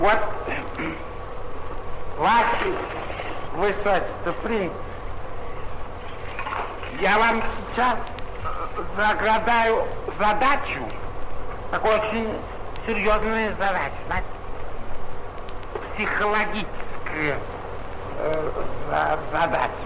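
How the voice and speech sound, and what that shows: Adult male actor speaking Russian as Tartaglia, the commedia dell'arte mask, with an acted, characteristic good-natured stutter: prolonged sounds, long pauses and a repeated syllable at the start of a word.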